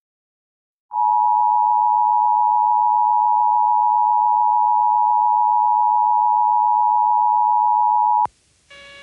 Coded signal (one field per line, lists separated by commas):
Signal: Emergency Alert System (SAME) tones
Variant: 853 and 960 Hz attention tone